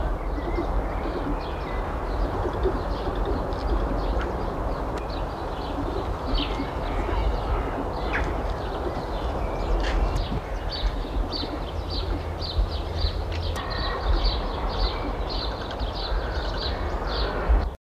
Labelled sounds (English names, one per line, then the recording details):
Great Grey Owl call
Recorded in captivity
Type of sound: call
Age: diverse
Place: Zoo Hannover, Niedersachsen, DE
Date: 1980-05-12
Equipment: Halbspur, 9,5 cm/s
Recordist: Lütgens, Hans
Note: 3tägiges Junges und Mutter beim Füttern